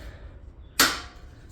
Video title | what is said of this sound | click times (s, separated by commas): BMW E30 325i Full Restoration (Part 6) - Back From Paint Reassembly & Installation Of M20B25 Sub | There we go. Hear the satisfying click. | 0.8 s